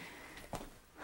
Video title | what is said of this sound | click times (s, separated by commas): How to Help Someone Who Uses a Wheelchair | put the leg rest back on it's important to come from the back of it like this and then swing it back into place and make sure that's locked into place | 0.5 s